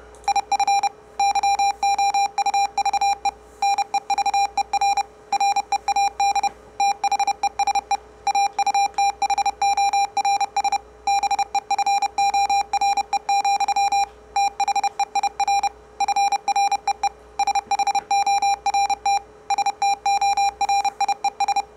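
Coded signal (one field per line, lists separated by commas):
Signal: Morse code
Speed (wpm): 31 wpm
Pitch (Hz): 800 Hz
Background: none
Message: IF YOUVE NEVER READ THESE AUTHORS BEFORE, THEIR FREE SHORT STORIES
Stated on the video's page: Morse code generated with different waveforms, sine, square and sawtooth, as a copying experiment.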